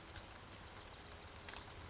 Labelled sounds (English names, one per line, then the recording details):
Western Flycatcher
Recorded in Sonoma County, California